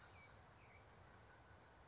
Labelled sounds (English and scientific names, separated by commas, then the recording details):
California Towhee (Melozone crissalis)
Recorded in Sonoma County, California